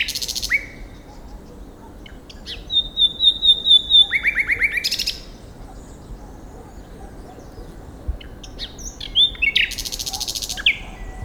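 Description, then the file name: Common nightingale song with a thin high whistle, a fast string of repeated chirps, a buzzy burst, silence, then a new varied phrase of ringing notes. "Luscinia megarhynchos"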